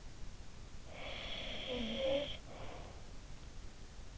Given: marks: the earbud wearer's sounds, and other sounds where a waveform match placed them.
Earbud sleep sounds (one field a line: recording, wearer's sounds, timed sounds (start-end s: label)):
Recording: sounds in sleep by an in-ear microphone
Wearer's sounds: snoring breath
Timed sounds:
0.47-3.18 s: snoring breath